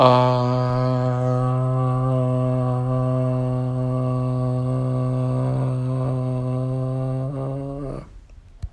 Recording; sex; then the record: sustained vowel /a/; male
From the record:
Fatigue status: no fatigue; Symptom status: symptomatic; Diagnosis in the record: COVID-19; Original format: m4a